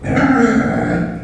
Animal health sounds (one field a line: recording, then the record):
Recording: squeal of a Yucatan mini pig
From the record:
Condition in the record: after surgery on the right vocal fold (resection and tissue-engineered implant)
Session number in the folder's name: 3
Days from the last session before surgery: 21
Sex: female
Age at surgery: 19 weeks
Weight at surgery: 25 kg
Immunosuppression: prednisolone